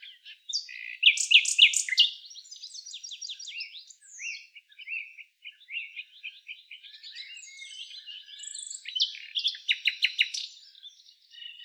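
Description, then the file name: Common nightingale song: loud bursts of rapid repeated notes near the start and again near the end, linked by quieter varied chattering and twittering phrases. "Luscinia megarhynchos"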